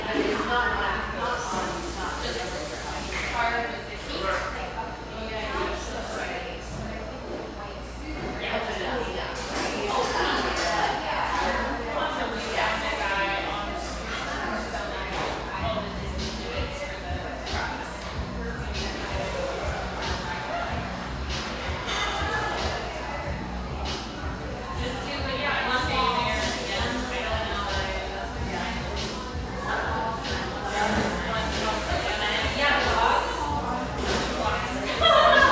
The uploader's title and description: Laguna Beach, California. The coffee rush fades to a mid-morning lull in this sunlight coffeehouse, tucked behind a bakery near this coastal California paradise